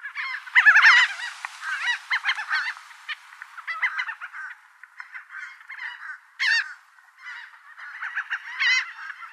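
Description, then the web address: Laughing gull calls, nasal yelping notes in irregular bursts, louder at first, then scattered sharp cries with pauses between. "Laughing Gull"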